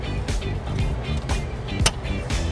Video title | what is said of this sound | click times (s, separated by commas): 2019 Honda HR-V Trailer Wiring Installation | now it's ready to be plugged into our harness here everything's clicked into place | 1.9 s